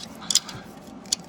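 After a first partial attempt, the cleaned distributor cap on a 1968 Chevy Caprice is reseated onto the distributor housing. Its spring clips snap over with sharp clicks at 0.3 s and 1.1 s, and the cap is seated.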